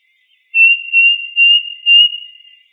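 Bird call: a sustained pure whistle with four rhythmic swells in loudness, fading at the end.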